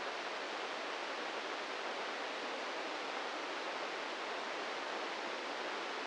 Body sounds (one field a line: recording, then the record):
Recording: brain microelectrode recording played as sound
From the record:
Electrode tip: inside the subthalamic nucleus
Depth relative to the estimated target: 1 mm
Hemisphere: right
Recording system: NeuroSet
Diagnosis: Parkinson's disease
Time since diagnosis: 15 years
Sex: male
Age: 65 years